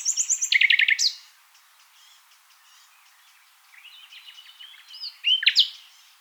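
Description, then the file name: Common nightingale song: rapid repeated rattling notes open, followed by quiet soft twitters and a loud sharp whistled burst near the end. "Luscinia megarhynchos"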